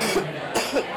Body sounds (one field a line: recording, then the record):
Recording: coughing mixed with background sound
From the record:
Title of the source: 61 morning phlegmy cough...again